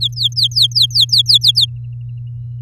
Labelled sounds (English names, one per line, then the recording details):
Domestic Canary song
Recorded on 9 May 2018 at 09:45
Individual llb16